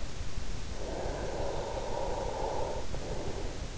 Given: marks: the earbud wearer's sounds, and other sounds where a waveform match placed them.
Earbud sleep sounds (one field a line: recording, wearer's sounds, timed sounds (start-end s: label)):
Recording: sounds in sleep by an in-ear microphone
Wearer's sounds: breath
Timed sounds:
0.87-3.65 s: breath